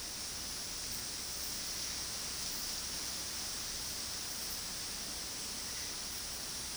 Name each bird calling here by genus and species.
none